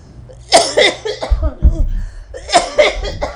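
An adult coughing: a run of several explosive cough bursts in two bouts.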